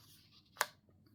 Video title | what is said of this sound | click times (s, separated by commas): Project Tutorial: PAPER DOLL 4 x 6 notebook. | And it clicks right in. See that? | 0.6 s